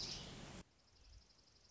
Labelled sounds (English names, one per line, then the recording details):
Dark-eyed Junco
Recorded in Sonoma County, California